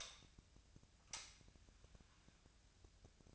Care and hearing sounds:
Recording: daily activity, microphone in the room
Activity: light on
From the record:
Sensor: 2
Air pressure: 1009.7 hPa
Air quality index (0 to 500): 182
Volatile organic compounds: 11 ppm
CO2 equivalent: 2275 ppm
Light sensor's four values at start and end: 28/68/29/32 and 33/85/36/38

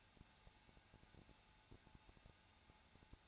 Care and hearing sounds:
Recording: daily activity, microphone in the room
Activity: no activity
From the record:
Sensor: 2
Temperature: 21.0 degrees Celsius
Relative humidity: 34.2%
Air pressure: 994.4 hPa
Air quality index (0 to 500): 170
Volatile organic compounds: 3 ppm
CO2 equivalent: 1325 ppm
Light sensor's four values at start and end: 2/3/2/2 and 2/3/2/2

